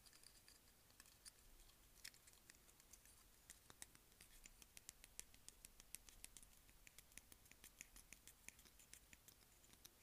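A claw clip gives off a run of sharp, bright little clicks and snaps. They come irregularly but often, several per second, thickest in the middle of the ten seconds, over a low, steady hiss with faint rumbling underneath.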